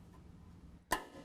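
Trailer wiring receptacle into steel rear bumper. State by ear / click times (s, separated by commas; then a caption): seated / 0.9 s. The factory trailer wiring receptacle is pushed through a new steel Bodyguard A2 rear bumper from the front on a 2019 GMC Sierra 1500. After a stretch of low background sound, a single sharp snap is heard at 0.9 s as the receptacle seats into the bumper.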